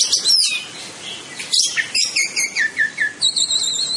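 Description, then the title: Orange-headed thrush song, a fast run of high, sweet chirps and down-slurred notes, ending in a rapid series of clear whistled trills. "Anis Merah"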